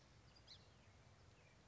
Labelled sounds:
Song Sparrow
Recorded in Sonoma County, California

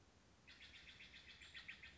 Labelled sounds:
Steller's Jay
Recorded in Sonoma County, California

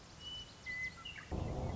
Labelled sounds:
Western Meadowlark
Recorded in Sonoma County, California

